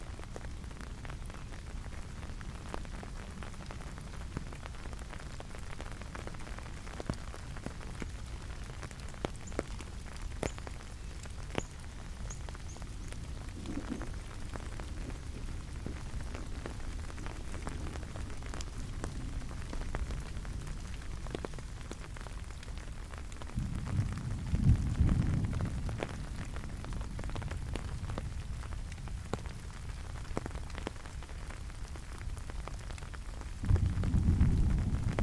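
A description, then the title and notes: Steady rain falls in a lush subtropical rainforest, a dense low hiss with scattered sharp drips and taps throughout. Deeper rumbling swells rise around 24 to 26 seconds and again near the end, briefly louder than the even patter. Relax and immerse yourself in this rain sound from a lush rainforest in the subtropical.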